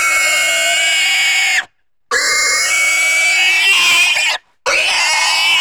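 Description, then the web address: Pig squealing intensely in long, shrill, harsh bursts with a sustained high tone, broken by two short silent gaps. "Sony Creative Software Sony Pictures Sound Effects Series Volumes 1-10 Volume 1 Animals Pig Squeals Intense"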